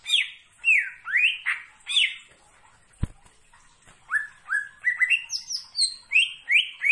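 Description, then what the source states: Greater green leafbird song of bold, swooping whistles rising and falling, briefly broken near the middle by a sharp click before the notes resume. Singing actively; described as "gacor".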